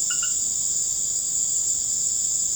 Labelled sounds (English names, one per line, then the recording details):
none
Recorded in secondary vegetation near Puerto Asís, Putumayo, Colombia, on 20 December 2024 at 19:00
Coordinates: 0.489, -76.322
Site G059